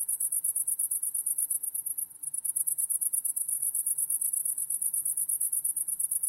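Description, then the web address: Crickets chirp in quick, regular high pulses, dipping briefly around two seconds before the rhythmic trill carries on. Crickets, recorded in wide stereo. "lynne-publishing Crickets Wide Stereo"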